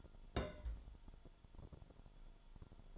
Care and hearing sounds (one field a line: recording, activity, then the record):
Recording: daily activity, microphone in the room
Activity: place on stove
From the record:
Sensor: 5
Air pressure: 1008.0 hPa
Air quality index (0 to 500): 105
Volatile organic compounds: 1 ppm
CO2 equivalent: 816 ppm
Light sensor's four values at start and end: 27/57/25/26 and 27/56/25/25